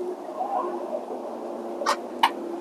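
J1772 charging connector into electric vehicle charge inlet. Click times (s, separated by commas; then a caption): 2.2 s. A J1772 charging connector on a Lectron Tesla-to-J1772 adapter is pushed into an electric vehicle's charge inlet over a steady low hum. After a brief broadband rustle near 1.9 s, its latch clicks home with a sharp click at 2.2 s, and the connector is seated.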